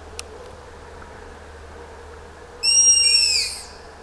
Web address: cantos lechuorejudo